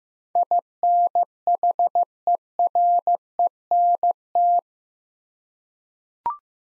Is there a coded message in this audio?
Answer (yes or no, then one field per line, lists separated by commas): yes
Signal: Morse code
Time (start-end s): 0.4-4.6 s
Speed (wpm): 15 wpm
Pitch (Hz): 700 Hz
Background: none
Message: INHERENT